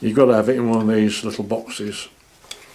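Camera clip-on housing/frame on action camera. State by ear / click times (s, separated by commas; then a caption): released / 2.5 s. Someone talks, and at 2.5 s a short, sharp click is heard as a plastic part of the small clip-on housing or frame on an action camera is unclipped. The part springs off and comes free.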